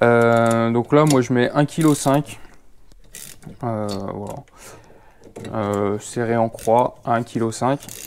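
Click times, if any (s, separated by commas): 3.1 s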